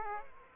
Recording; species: mosquito wingbeat signal from an infrared sensor; Aedes aegypti